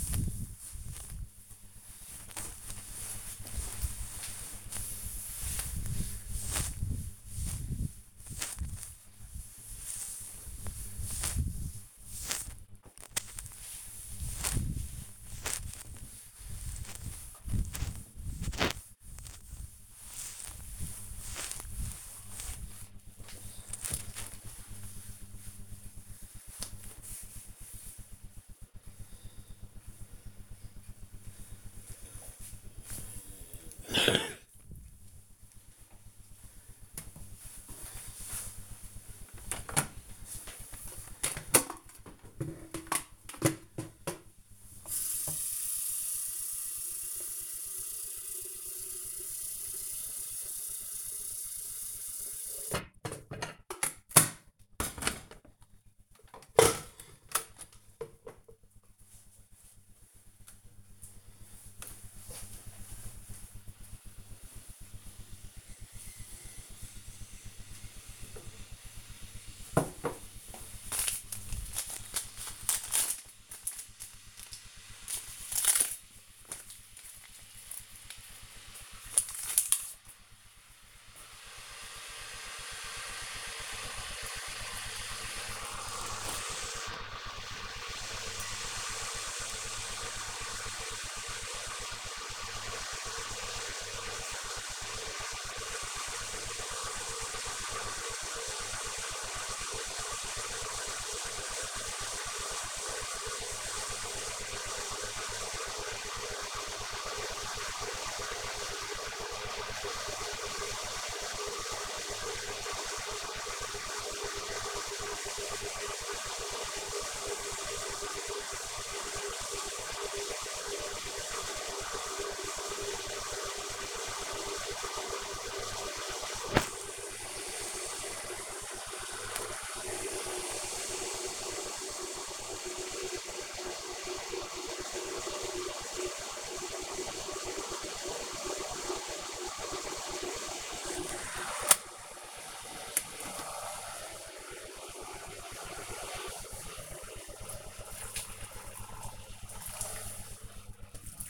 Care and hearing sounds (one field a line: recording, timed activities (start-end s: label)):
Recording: household activities, microphone on the right wrist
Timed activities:
0.00-23.09 s: cleaning table
38.20-151.30 s: making tea